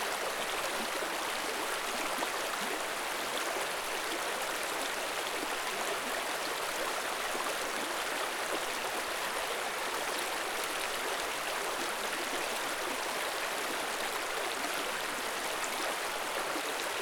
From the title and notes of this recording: Forest River Gently Flowing.